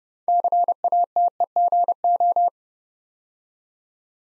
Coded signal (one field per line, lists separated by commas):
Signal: Morse code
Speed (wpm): 29 wpm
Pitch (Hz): 700 Hz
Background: none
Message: CATEGO